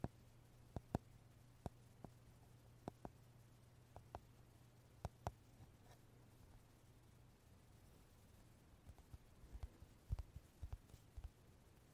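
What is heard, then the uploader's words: A wooden brush is tapped in sharp, dry knocks that come irregularly, a few seconds apart early on and bunching into quicker clusters near the ten-second mark. A low steady hum sits underneath for the first seven seconds. 길게 준비한 나무빗 탭핑,터칭 사운드. Wooden brush tapping , touching sound.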